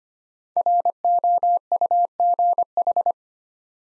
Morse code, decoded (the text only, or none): ROUGH